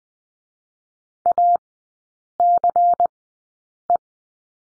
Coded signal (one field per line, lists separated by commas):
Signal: Morse code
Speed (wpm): 20 wpm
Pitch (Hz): 700 Hz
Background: none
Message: ACE